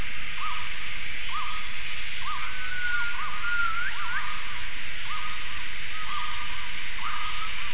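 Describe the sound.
Gibbon calls: a run of short notes, each rising then levelling off, repeated at uneven intervals, with one longer rising whistle midway, over steady hiss and low rumble.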